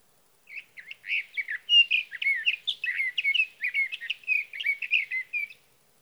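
Sage thrasher song, a fast, run-on series of sweet warbled phrases with bouncing pitch, lasting around five seconds against silence.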